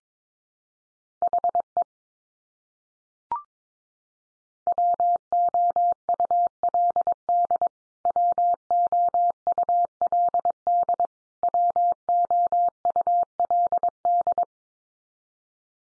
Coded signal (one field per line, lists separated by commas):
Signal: Morse code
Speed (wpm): 22 wpm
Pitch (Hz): 700 Hz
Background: none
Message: HE WOULD WOULD WOULD